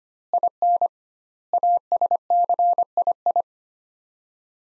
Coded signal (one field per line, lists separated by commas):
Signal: Morse code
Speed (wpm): 25 wpm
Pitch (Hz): 700 Hz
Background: none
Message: IN ASCII